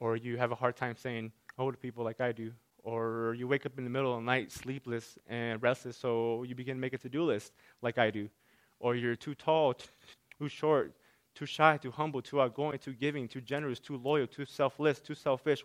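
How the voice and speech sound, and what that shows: Adult man speaking slowly and haltingly, with stuttering: prolonged sounds and pauses breaking up his phrases. He describes himself as an abject stutterer.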